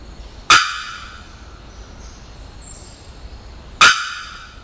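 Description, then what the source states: Bearded bellbird calls: two abrupt, clanging bocks about three seconds apart, each with a lingering ringing tone, and faint high whistles from another bird between them. 27 October 2001.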